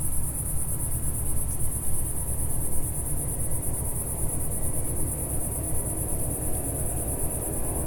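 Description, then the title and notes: Cicada song, a persistent high whirring tone over a steady low rumble. Single cicada singing in early evening warmth in a garden with lavender and myrtle bushes, small village in Picardy, northern France. "Sound Escape 137: Enter a trance-like state to the song of a cicada in a French garden. We’re in the garden in a small village in Picardy in Northern France. The early evening warmth teases sweet scent from the lavender bushes and myrtles while a single cicada plays its eternal silvery zither"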